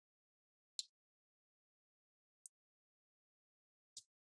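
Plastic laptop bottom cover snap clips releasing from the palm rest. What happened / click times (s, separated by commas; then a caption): The plastic cover clips popped open / 0.8 s, 2.5 s, 4.0 s. A guitar pick is twisted between the plastic palm rest and the bottom cover of an HP Notebook 15 BS011LA laptop to release the snap clips along the sides. Three sharp, high-pitched plastic clicks ring out against silence at 0.8, 2.5 and 4.0 seconds, the last with a faint low thump. The bottom cover's snap clips pop open and the cover is released.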